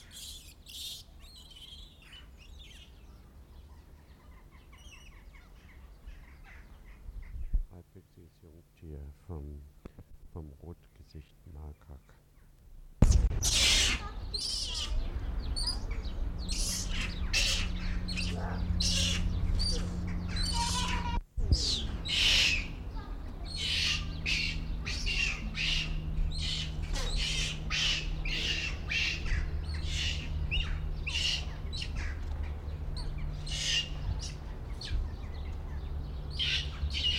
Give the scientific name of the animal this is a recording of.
Macaca fuscata